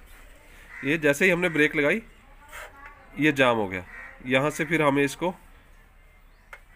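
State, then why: Released. Someone talks while the jammed front drum brake arm on a Royal Enfield motorcycle wheel hub is lifted slightly upward. A short sharp click at 6.5 s marks the brake cam lever coming free, and the brake is released.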